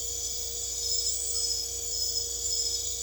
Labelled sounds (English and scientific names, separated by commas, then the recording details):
none
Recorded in secondary vegetation near Puerto Asís, Putumayo, Colombia, on 26 December 2024 at 01:00
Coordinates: 0.488, -76.319
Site GP04